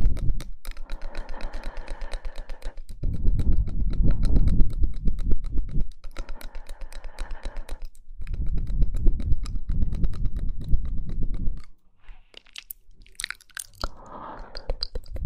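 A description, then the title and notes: Wet mouth sounds, with rapid clicks and smacks packed densely throughout. Bursts alternate with thicker, low, rumbling stretches around 3–6 and 8–11.5 seconds. A brief near-silence follows, then softer, scattered mouth noises to the end. Mouth Sounds.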